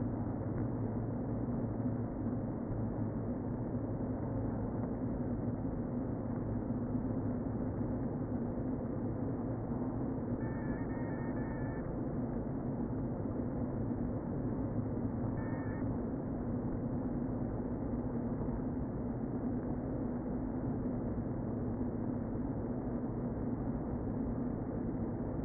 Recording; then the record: honeybee colony, microphone inside the hive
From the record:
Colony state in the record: queen present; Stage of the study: before two queens were removed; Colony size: about 60,000 bees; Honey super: yes